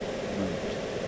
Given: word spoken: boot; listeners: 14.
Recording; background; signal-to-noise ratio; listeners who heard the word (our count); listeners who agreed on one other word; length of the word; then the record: one English word in noise, from a listening test; speech-shaped noise; -4.6 dB; 0 of 14; 8 of 14; 0.68 s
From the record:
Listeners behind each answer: 8, 2, 1, 1, 1, 1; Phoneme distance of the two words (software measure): 10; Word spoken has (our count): 1 syllable, 3 phonemes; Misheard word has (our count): 1 syllable, 3 phonemes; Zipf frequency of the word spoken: 4.43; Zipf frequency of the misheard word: 4.13